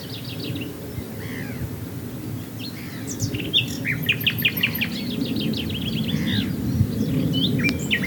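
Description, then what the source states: Common nightingale song, varied phrases of sharp repeated notes and short whistles with quick pauses, over a steady low rumble. Recorded at Swale.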